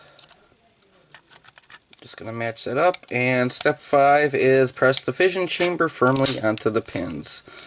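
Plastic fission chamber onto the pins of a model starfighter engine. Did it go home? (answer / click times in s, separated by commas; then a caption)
no / none. A plastic fission chamber part is lined up with two locating pins on the sublight engine of a model X-Wing starfighter before being pressed on. Small handling ticks are heard around 0.2, 1.2, 1.5, 1.6 and 1.9 seconds, and then someone talks. The part has not snapped into place yet.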